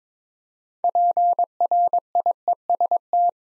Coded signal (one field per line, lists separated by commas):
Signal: Morse code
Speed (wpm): 22 wpm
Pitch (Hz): 700 Hz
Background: none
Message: PRIEST